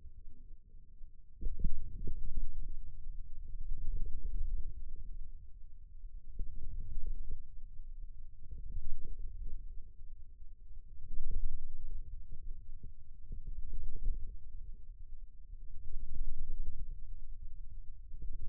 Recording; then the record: forearm muscle sounds (acoustic myography)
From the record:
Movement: ulnar deviation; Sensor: system 2, bracelet of six BSWA MPA416 microphones around the upper forearm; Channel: 1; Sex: male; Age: 22 years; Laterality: right